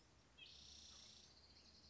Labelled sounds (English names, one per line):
Spotted Towhee